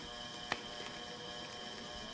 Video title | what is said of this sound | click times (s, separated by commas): Ostomy and the Changing Stoma & Supplies | now I have a trouble getting this there you heard it click | 0.5 s